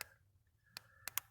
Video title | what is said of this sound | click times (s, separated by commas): HOW TO ADD A FUEL FILTER TO A NISSAN VERSA | when you fasten it you'll hear it clicked | 1.2 s